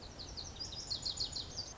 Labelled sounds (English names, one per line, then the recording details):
Lazuli Bunting
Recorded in Sonoma County, California